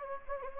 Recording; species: mosquito wingbeat signal from an infrared sensor; Anopheles gambiae